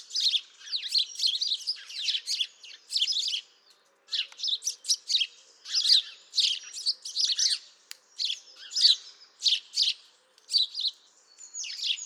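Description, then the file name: House sparrow chirping in busy bursts, short harsh chirps tumbling together in clusters with brief pauses. "Passer domesticus"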